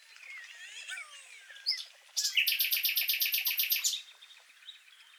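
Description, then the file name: Common nightingale song: soft varied notes, then a loud, rapid trill of repeated notes. "Luscinia megarhynchos"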